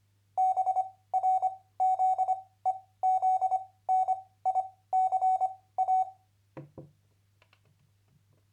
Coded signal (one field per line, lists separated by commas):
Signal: Morse code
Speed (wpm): 24 wpm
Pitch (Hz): 750 Hz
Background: none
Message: BRZEZNICA